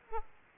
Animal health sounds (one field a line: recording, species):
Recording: mosquito wingbeat signal from an infrared sensor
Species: Aedes aegypti